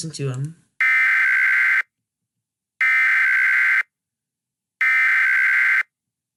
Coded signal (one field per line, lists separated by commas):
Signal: Emergency Alert System (SAME) tones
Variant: header bursts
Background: speech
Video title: Tutorial - How To Make EAS Videos